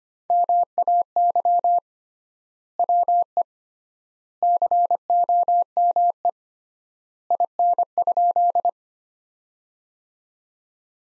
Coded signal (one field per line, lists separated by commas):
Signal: Morse code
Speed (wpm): 25 wpm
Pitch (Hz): 700 Hz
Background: none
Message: MAY WE COME IN?